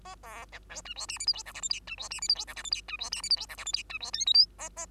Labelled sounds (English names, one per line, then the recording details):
Bengalese Finch song
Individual Bird2